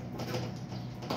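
A plastic part of a water fountain is handled and pushed toward its clip after the filter has been refitted, with soft plastic rattling and scraping over a steady low hum. The sound briefly gets louder near the end, but nothing has seated or clicked yet.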